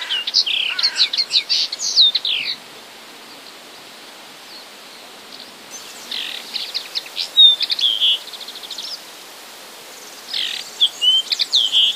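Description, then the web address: Common linnet song in three twittering bursts separated by pauses, each a quick mix of chirps, pure whistled notes and rattling trills. "wroblowe kolekcja makolagwa"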